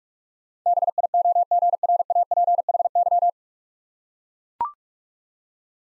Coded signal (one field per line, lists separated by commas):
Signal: Morse code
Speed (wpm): 44 wpm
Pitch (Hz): 700 Hz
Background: none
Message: BIOGRAPHY